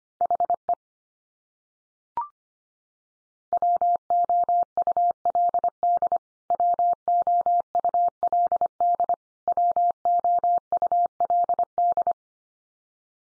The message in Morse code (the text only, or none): HE WOULD WOULD WOULD